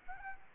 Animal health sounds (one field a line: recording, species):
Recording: mosquito wingbeat signal from an infrared sensor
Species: Anopheles gambiae